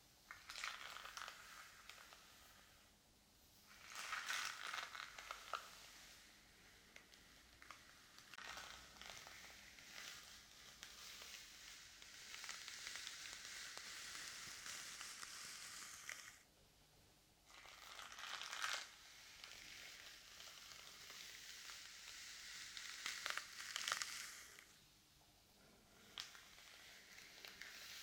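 Hair brushing and scalp massage: a steady crackling, scratchy rustle of strokes with brighter swells around 4, 17 and 24 seconds, pausing briefly near 16.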